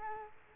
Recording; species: mosquito wingbeat signal from an infrared sensor; Culex quinquefasciatus